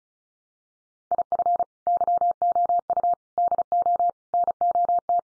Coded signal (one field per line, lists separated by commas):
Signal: Morse code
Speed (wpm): 34 wpm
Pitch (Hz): 700 Hz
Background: none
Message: IF YOU DO NOT